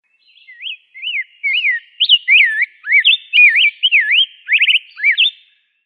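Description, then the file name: Rose-breasted grosbeak singing a continuous warbled phrase of sweet, slurred whistles that rise and fall, with a short fast trill near the end. "suara rb grpsbeak"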